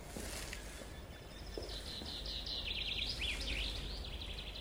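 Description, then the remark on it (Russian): Birds chirp and warble on hills in Kyiv in a continuous stream of high, quick, twittering notes over a steady background hiss outdoors, growing busier toward the end. No one speaks. “Небо высокое-высокое. И птицы.”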